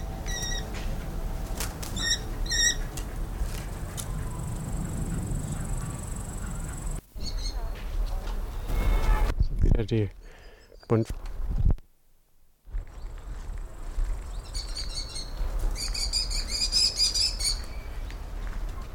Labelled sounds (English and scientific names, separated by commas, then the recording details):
American Kestrel (Falco sparverius) call
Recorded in captivity
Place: Timmendorfer Strand, Holsteinische Schweiz, Schleswig-Holstein, DE
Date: 1992-09-21 16:09
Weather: sonnig, 22°C
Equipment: Marantz CP 430, Sennheiser ME 80, Kopie Tesla B 116
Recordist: Tembrock, Günter